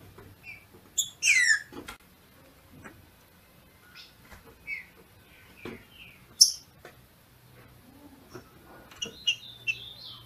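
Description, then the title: Green-winged saltator giving a few sharp, downslurred whistled notes and short chirps, scattered among clicks and soft rustling noises. Female singing in male style to stimulate and excite the male. "FÊ MEA DE TRINCA FERRO MACHEANDO PARA ESQUENTAR O MACHO"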